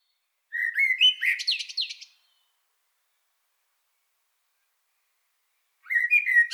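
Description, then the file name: Common blackbird song: a fluty, warbled phrase rising into high squeaky notes, then silence before a second phrase begins near the end. "Turdus merula"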